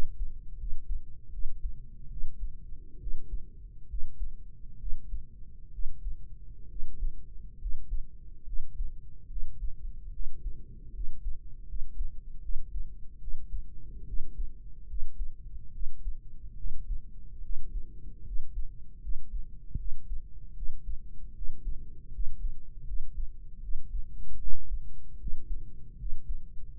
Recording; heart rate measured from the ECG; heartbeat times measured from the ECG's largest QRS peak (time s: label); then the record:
heart sounds by microphone in the right ear; 73 bpm
0.55 s: heartbeat
1.29 s: heartbeat
2.07 s: heartbeat
2.97 s: heartbeat
3.86 s: heartbeat
4.76 s: heartbeat
5.69 s: heartbeat
6.66 s: heartbeat
7.57 s: heartbeat
8.43 s: heartbeat
9.26 s: heartbeat
10.09 s: heartbeat
10.91 s: heartbeat
11.64 s: heartbeat
12.39 s: heartbeat
13.18 s: heartbeat
14.03 s: heartbeat
14.85 s: heartbeat
15.70 s: heartbeat
16.54 s: heartbeat
17.39 s: heartbeat
18.22 s: heartbeat
18.99 s: heartbeat
19.75 s: heartbeat
20.53 s: heartbeat
21.32 s: heartbeat
22.09 s: heartbeat
22.83 s: heartbeat
23.58 s: heartbeat
24.36 s: heartbeat
25.16 s: heartbeat
25.95 s: heartbeat
26.73 s: heartbeat
From the record:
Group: healthy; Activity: rest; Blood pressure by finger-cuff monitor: 108/70 mmHg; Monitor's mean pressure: 80 mmHg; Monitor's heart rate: 73 bpm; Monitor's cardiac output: 5.6 L/min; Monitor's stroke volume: 76 mL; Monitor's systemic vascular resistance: 1020 dyn s/cm5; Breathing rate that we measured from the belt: 16 breaths a minute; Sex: female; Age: 23 years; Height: 160 cm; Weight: 50.4 kg